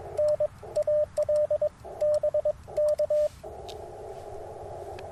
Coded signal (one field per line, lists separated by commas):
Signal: Morse code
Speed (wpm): 22 wpm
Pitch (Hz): 600 Hz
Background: radio noise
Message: N AL BK